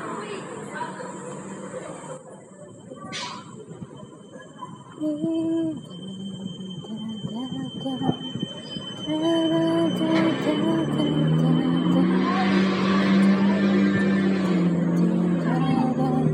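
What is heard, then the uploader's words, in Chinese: A summer midday road with murmuring voices and a thin steady whine, then traffic swells louder after ten seconds with a squealing passing vehicle. 夏天中午·喜欢的路。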